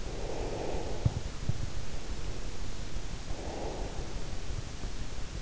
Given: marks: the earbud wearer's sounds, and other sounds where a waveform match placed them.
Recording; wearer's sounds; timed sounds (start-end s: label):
sounds in sleep by an in-ear microphone; breath
0.00-2.12 s: breath
3.30-5.18 s: breath